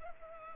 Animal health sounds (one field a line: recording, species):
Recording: mosquito wingbeat signal from an infrared sensor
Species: Culex pipiens